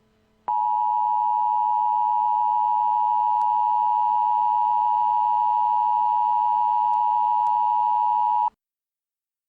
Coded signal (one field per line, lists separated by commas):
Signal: Emergency Alert System (SAME) tones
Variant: 853 and 960 Hz attention tone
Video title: EAS Scenario: Tomato Takeover